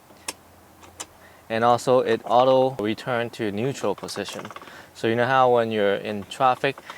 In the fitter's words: and then when you shift it in the right gear you'll hear a click just like that